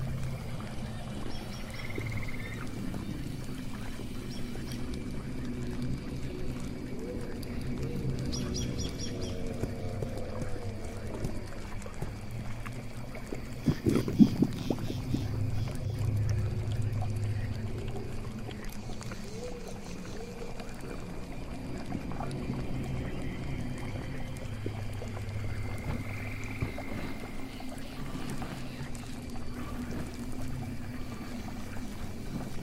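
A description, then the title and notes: Swamp ambience with a steady, dense low murmur throughout and faint scattered chirps and calls above it. Around fourteen seconds a brief louder knock or splash stands out, and short tonal calls appear now and then, like frogs, against the continuous background. Witch's swamp house asmr Ambience. Swamp ambience.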